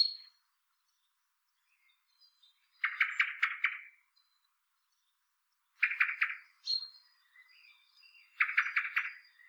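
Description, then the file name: Common blackbird giving three bursts of rapid, harsh chattering, with occasional thin, high, sharp notes in between. "Turdus merula"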